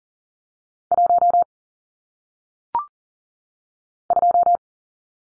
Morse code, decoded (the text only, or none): 1 2